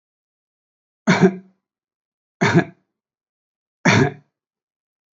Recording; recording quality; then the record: shallow voluntary cough; excellent, no background noise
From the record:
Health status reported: healthy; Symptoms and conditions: none ticked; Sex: male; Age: 64 years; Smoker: not ticked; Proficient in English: yes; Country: India